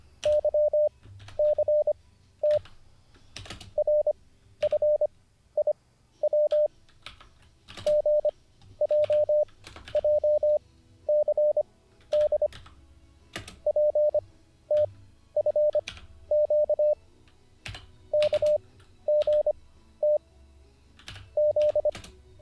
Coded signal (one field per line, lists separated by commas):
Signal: Morse code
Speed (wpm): 25 wpm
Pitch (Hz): 600 Hz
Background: none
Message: Y C T R F I W G J J C D P T F Q K G T Z